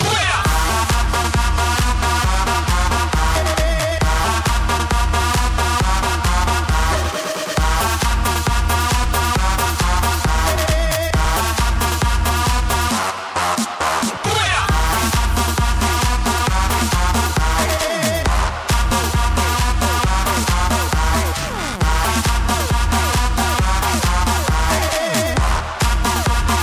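Friday evening at a bowling alley: loud, steady music with a regular thumping bass beat and dense layered tones, briefly dipping several times.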